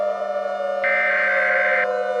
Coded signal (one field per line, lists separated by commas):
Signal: Emergency Alert System (SAME) tones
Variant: header bursts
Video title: Ejected (EAS Scenario)